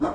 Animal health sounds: pig call; growing-finishing pig (85 days or more)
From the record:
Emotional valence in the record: positive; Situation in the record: run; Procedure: transit

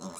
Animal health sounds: pig call; piglet (1 to 25 days)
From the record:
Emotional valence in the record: negative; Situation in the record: short isolation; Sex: female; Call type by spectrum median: low-frequency call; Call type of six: mixed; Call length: 0.19 s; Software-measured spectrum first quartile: 419 Hz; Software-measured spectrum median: 1561 Hz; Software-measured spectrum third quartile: 7315 Hz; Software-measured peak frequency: 187 Hz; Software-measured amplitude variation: 87 dB a second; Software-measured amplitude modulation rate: 13.0 a second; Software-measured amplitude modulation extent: 6.7 dB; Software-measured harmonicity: 3.0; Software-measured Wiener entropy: -2.83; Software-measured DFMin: 952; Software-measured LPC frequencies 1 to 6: 1149, 2337, 4077, 5333, 6466, 7419 Hz

